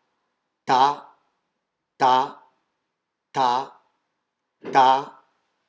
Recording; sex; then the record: repeated syllable /ta/; male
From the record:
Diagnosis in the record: healthy control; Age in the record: 77 years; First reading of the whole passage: 68 s, 7.6 characters per second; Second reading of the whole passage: 60 s, 8.3 characters per second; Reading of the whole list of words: 67 s, 4.2 characters per second